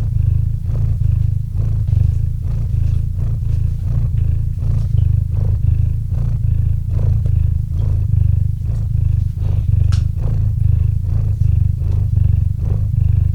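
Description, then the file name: Cat purring strongly, a thick continuous rumble pulsing with each breath, with a faint click in the second half. Cat named Murchik purring into a microphone. "Kot Murchik - Murchanie kota kot murchal v mikrofon"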